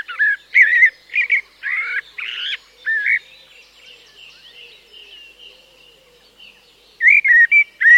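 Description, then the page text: Common Blackbird song: warbled, fluty phrases in separate bursts, a long lull with faint background birdsong, then a fresh burst of phrases near the end. At dawn, in woodland. "BBC. Blackbird, with dawn woodland atmosphere of song thrush, woodpigeon and jackdaw in background"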